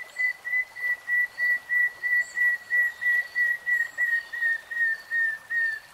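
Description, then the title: Nightingale song phrase: one clear whistled note repeated steadily for six seconds, with faint higher notes behind. Singing in real time. "[Tiếng chim hót] 3 Hours REALTIME Nightingale Singing"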